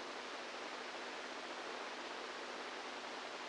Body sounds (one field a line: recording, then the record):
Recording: brain microelectrode recording played as sound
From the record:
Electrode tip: inside the subthalamic nucleus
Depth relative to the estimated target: -4 mm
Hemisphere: right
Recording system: NeuroSet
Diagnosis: Parkinson's disease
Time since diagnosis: 10 years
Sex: female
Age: 67 years